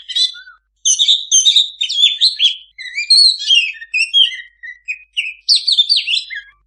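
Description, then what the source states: Oriental magpie-robin song of varied whistled phrases, slurred notes and harsher chips, delivered in bursts separated by short gaps. Singing kacer in lively gacor song, a master recording for owners of kacer that do not sing.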